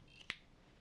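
A lithium 18650 cell is pried back out of a plastic spring-clip battery holder. A faint tick at 0.2 s is followed by a sharp, bright snap at 0.3 s as the cell comes free, then quiet background. The cell is released from the holder.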